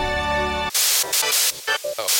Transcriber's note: Static